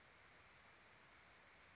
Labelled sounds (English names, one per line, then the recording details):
Western Flycatcher
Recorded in Sonoma County, California